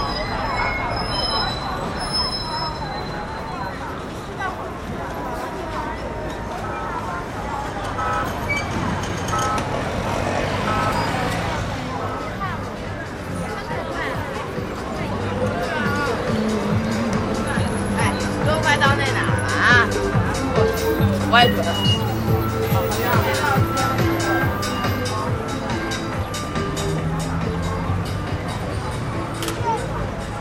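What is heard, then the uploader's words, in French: A busy city street with bicycle bells, the calls of street vendors and beats drifting from hair salons, all under a steady wash of traffic. Voices overlap throughout, with passing vehicles and brighter clattering building from about fifteen seconds on. Dans les rues de Pékin, on entend les sonnettes des vélos, le cri des marchands ambulants, la techno des salons de coiffure... Elle en a profité pour accrocher un micro au guidon de son vélo. Enregistrement : octobre 03.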